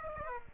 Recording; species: mosquito wingbeat signal from an infrared sensor; Aedes aegypti